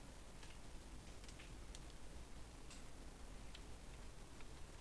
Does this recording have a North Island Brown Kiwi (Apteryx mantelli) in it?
no